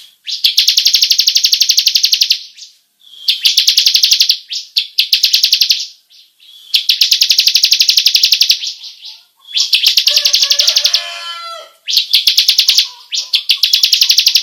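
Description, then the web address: Bar-winged prinia song: rapid, buzzy rolling trills in bursts of about two seconds, separated by brief pauses. Long rolling song style, called ngerol panjang. "ciblek suara-burung-ciblek-ngerol-panjang"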